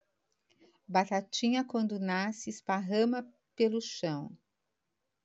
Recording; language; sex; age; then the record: short text; Brazilian Portuguese; female; 50 to 59 years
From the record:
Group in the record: control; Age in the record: 56 years